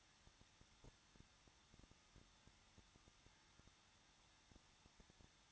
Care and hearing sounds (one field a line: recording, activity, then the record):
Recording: daily activity, microphone in the room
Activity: no activity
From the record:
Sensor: 3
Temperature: 21.2 degrees Celsius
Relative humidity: 36.4%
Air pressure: 1006.4 hPa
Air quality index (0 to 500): 223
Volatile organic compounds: 43 ppm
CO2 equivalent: 3189 ppm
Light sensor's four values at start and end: 2/3/2/2 and 2/3/2/2